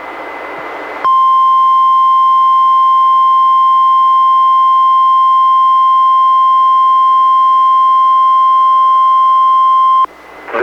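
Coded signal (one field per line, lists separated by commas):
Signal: Emergency Alert System (SAME) tones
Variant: 1050 Hz attention tone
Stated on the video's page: Required weekly test from NWS Portland, relayed by NOAA Weather Radio station in Astoria, recorded from a Reecom R-1630 weather radio into a Zoom H1 recorder.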